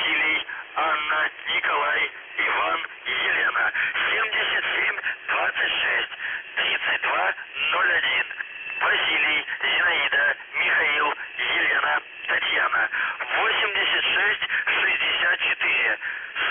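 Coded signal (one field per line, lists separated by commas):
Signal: numbers station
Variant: UVB-76 voice message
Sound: a man's voice over a narrow radio channel, speaking almost continuously with brief pauses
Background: radio static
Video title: The Buzzer/UVB-76 Voice Message (November 25, 2020 10:24 UTC)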